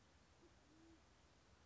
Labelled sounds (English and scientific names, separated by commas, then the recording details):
Band-tailed Pigeon (Patagioenas fasciata)
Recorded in Sonoma County, California